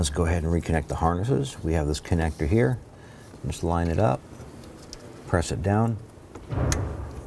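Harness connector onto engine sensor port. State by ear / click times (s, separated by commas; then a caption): seated / 6.7 s. A plastic harness connector is lined up and pressed down onto an engine sensor port on a 2006-2012 Honda Civic during a knock sensor replacement. Someone talks, then a sharp click at 6.7 seconds shows the connector seating into place.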